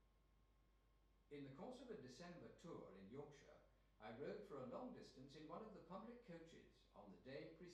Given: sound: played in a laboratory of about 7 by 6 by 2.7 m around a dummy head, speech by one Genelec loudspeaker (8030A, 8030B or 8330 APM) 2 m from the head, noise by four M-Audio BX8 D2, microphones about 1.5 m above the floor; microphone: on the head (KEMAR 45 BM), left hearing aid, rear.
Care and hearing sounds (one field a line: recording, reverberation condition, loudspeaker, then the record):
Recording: male speech in English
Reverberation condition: medium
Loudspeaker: 90 degrees to the right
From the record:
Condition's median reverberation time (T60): about 510 ms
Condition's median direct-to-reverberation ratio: about -0.5 dB